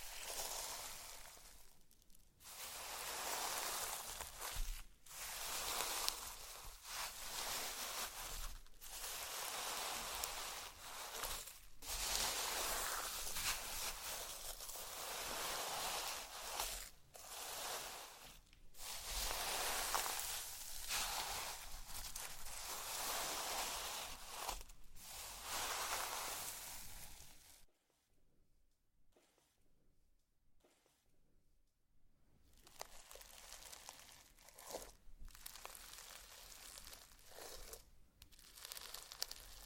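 Slime being played with makes a dense, bright crackling and squishing that runs almost continuously, broken by short sharp pops and brief pauses every second or two. Around 28 seconds it drops to near silence for a few seconds before softer, sparser crackles return.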